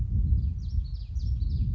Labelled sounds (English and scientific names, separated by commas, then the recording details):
Common Yellowthroat (Geothlypis trichas)
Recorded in Sonoma County, California